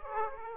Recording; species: mosquito wingbeat signal from an infrared sensor; Aedes aegypti